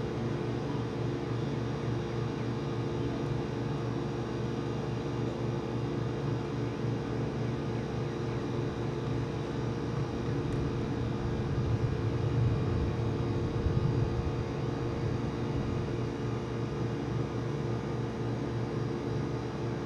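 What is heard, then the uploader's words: A rooftop air conditioning unit blows hard, a steady, dense roar with a deep low hum and a buzzy mechanical drone running through it. The sound stays even for the whole stretch, swelling slightly louder around the middle before settling back. Roof AC Unit, Hard Blast In Tunnel.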